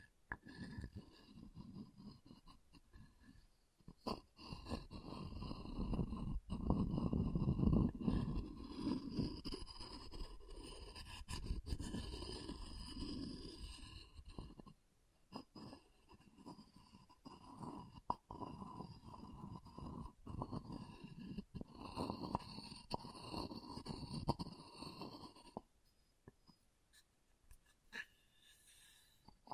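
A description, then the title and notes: Wooden ASMR triggers: soft rubbing and scraping on wood with a low, rough rumble, broken by sharp taps and brief pauses near 4, 15 and 25 seconds. A faint steady whine runs underneath. The last few seconds are quieter and sparser. ASMR Calming Wood Triggers for Sleep (No Talking).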